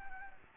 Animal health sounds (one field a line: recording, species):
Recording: mosquito wingbeat signal from an infrared sensor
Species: Anopheles gambiae